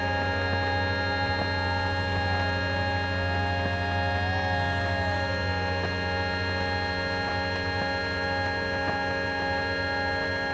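A bus's hybrid electric motor whines with a steady, even drone: a deep low hum under a stack of fixed electrical tones. Mid-pitched tones waver up and down throughout, a brighter whine sweeps upward around four seconds in, and faint clicks tick now and then.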